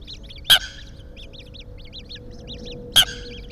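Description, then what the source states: Eurasian coot producing two abrupt, loud calls about two and a half seconds apart, over a constant stream of quick, high twittering peeps. Family group, Enfield.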